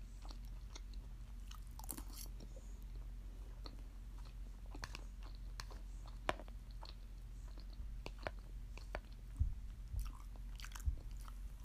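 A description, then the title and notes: Someone eats rice and meat with potatoes, producing a steady run of soft, wet chewing and mouth sounds. Sharp clicks and crunchy bites break through irregularly, often every second or so, with a few louder thumps near the end over a constant low hum. ASMR eats: rice and meat with potatoes.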